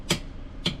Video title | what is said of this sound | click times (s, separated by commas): Gari nah subah subah dokha diya/How to fix flat tyre | Now you hear a click. | 0.1 s, 0.7 s